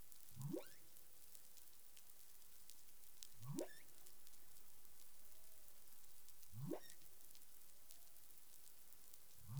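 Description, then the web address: Humpback whale calls: low upsweeps rising quickly from deep to mid pitch, repeated about every three seconds, with a faint brief whistle between them over steady hiss. Recorded 20 April 2021 at 03:56:42 UTC. "CARIMAM. humpback whale"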